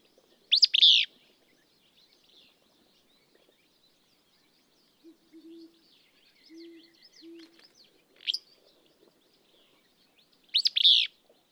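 Willow flycatcher repeating its burry sneezing song phrase about ten seconds apart, with a short sharp note between, low hoots and faint birdsong behind.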